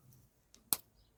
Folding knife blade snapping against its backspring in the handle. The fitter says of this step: you can hear the snap on that it's it's such so well made yeah